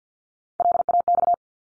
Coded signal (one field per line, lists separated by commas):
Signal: Morse code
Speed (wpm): 48 wpm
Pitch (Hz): 700 Hz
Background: none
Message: LAX